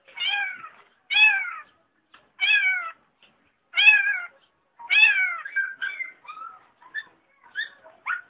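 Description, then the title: Long-tailed shrike song of several harmonic, meow-like downslurred notes with stacked overtones, followed by shorter varied notes. Combination (kombinasi) song style. "Cendet Kombinasi"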